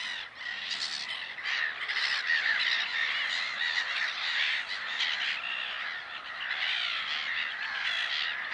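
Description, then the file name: Black-headed gull calls, a dense continuous chorus of harsh, grating squawks overlapping throughout, many birds calling at once with no pauses. "mouette rieuse"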